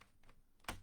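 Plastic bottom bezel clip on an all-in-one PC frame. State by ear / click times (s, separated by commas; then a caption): released / 0.7 s. The plastic bottom bezel of a Lenovo ideacentre AIO 510-23ISH all-in-one PC is held and slid downward on its frame. Two faint taps come at 0.0 s and 0.3 s, then a sharp, loud click at 0.7 s as the clip disengages from the hole below it. The bezel clip releases.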